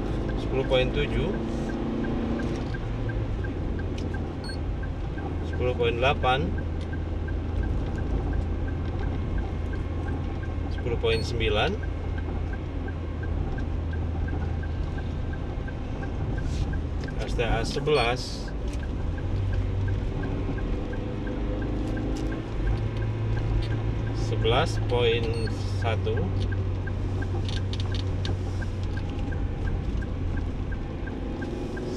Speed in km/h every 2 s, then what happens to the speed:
52, 53, 53, 53, 53, 53, 51, 51, 50, 50, 48, 48, 47, 45, 45, 48.
0-32 steady at about 50.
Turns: none.